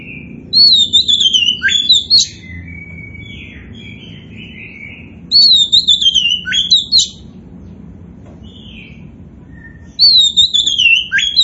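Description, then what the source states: Oriental magpie-robin singing loud whistled phrases that slide downward with sharp chips, repeated about every five seconds over a soft low background hum. Kacer poci variety, described as gacor, meaning singing prolifically.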